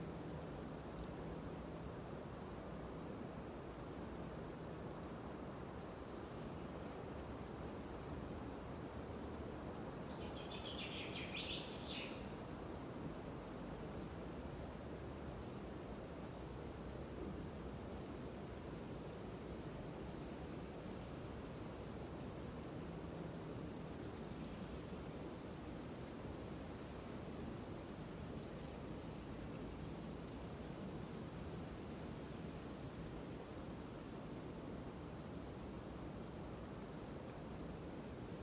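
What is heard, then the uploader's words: A spring forest with a steady, dense low rumble of wind or traffic running unchanged throughout. Around ten seconds a single bright bird call rises above it, and faint, high, thin chirps tick on and off through the second half. Sounds of Nature: A Green Forest in Spring. An aural exploration of a lush green forest in spring, from morning until night.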